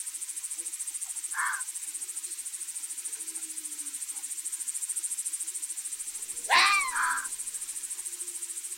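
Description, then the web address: Red fox bark: one sharp, hoarse bark followed by a shorter harmonic yelp, with a faint earlier call and a steady shrill insect drone throughout. "Tajemnice puszczy Lis"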